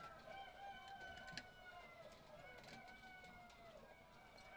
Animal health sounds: poultry house recording; healthy chickens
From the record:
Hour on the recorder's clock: 18

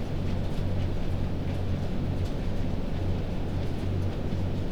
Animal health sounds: poultry house recording; no chicken sound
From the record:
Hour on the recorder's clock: 21

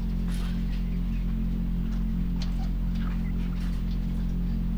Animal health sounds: poultry house recording; sick chickens (respiratory disease)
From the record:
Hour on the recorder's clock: 4

